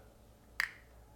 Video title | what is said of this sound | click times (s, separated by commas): How To Change The Harmony Elite Remote Battery With The Best Tools And Parts EASY | and it is slipping it's not unscrewing the screw very easily it's | 0.6 s